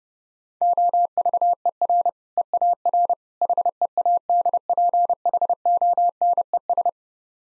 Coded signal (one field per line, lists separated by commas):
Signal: Morse code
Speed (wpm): 29 wpm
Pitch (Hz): 700 Hz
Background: none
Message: OVER EAR HEADPHONES